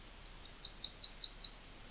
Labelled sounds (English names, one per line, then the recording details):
Yellowhammer song
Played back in forest
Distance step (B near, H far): C
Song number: 106